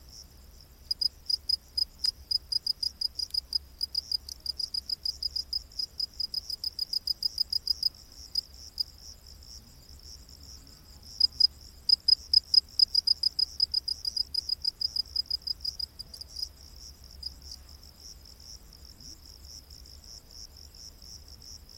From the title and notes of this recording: Crickets of the Rainforest | Exotic Insect Orchestra. In the heart of the world's lush rainforests, where towering trees create a verdant canopy and the air is thick with humidity, a mesmerizing symphony unfolds every night.